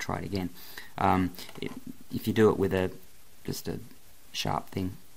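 Someone talks while handling the plastic SOS button lock slider on a handheld satellite messenger, getting ready to push it sharply across to lock it. Only speech is heard, and the slider has not clicked or locked yet.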